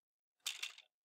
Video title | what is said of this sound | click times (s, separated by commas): Lego Star Wars X-Wing Starfighter Review 9493 | snaps into place so you know exactly where it's supposed to be when in X-Wing mode you don't really have to guesstimate | 0.5 s